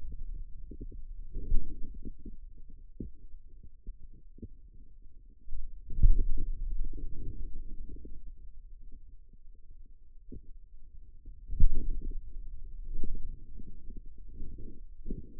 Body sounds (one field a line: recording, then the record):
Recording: forearm muscle sounds (acoustic myography)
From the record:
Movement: pen grasping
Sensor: system 2, bracelet of six BSWA MPA416 microphones around the upper forearm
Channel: 6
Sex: male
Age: 22 years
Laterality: right